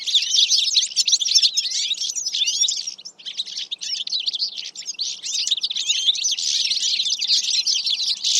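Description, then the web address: Bird chirping in a dense, continuous stream of high tweets, with a brief lull around three seconds before the chatter resumes. "Deverinetal 2025 File origin Bird Only"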